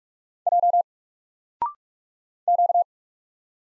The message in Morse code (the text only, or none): J Q